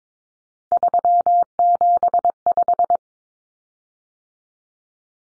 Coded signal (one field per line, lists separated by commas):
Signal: Morse code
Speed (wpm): 22 wpm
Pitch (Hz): 700 Hz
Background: none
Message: 375